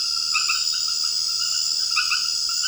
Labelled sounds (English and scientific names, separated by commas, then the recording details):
none
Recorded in secondary vegetation near Puerto Asís, Putumayo, Colombia, on 8 March 2025 at 22:00
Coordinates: 0.488, -76.319
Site G095